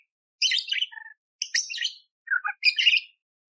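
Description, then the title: Budgerigar warbling in chattering, buzzy bursts, several short phrases of mixed squeaks and trills with brief pauses between them. Budgerigar training (masteran) recording, one hour long, vigorous (gacor) and clear, full of rough 'tembakan' fill-in phrases, suited for training oriental magpie-robins (kacer). "Masteran Burung Parkit Gacor Jernih Full Isian Tembakan Kasar Cocok Buat Kacer"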